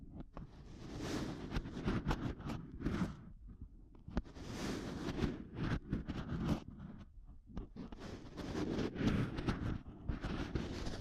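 Rough tapping and scratching on a microphone, with dense rumbling handling noise that swells in three bursts, around the first, fifth and ninth seconds. Sharp taps and clicks punctuate throughout, separated by brief quieter gaps near four and seven seconds.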